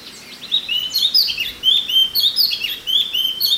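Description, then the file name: Chinese hwamei song: loud, varied whistled phrases with slurred up-and-down notes, delivered in quick succession almost without pause, bright and clear over faint background hiss. "suara alam hwamei"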